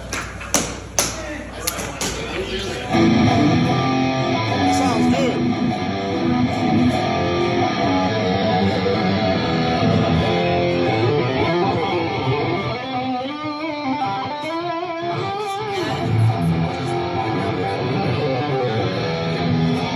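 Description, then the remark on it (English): A few sharp taps and thumps open, then a thick, buzzing distorted guitar tone from an effects unit sustains steadily throughout, with voices talking over it. “I just started getting into these too much distortion.”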